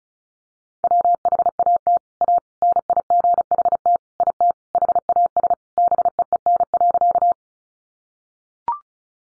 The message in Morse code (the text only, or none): WHAT A NIGHT IT HAS BEEN.